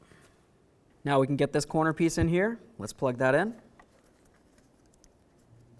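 Someone talks while getting the wiring connector for the door corner trim piece ready to plug in, during front interior door handle replacement on a 2000-2005 Buick LeSabre. A few faint handling ticks follow in the quiet after the talking. The connector has not clicked or seated yet.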